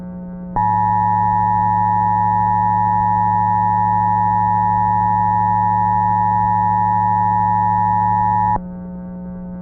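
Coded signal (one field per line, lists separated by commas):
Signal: Emergency Alert System (SAME) tones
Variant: 853 and 960 Hz attention tone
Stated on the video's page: Fictional EAS scenario, simulated alert.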